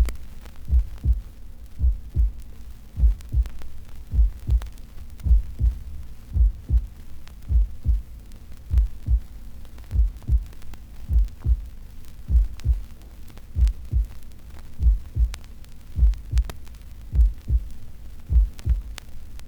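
Steady human heartbeats of an adult.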